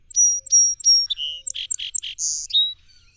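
Song sparrow song beginning at once with three ringing whistled notes, then a buzz, several rasping chips and a high buzzy ending.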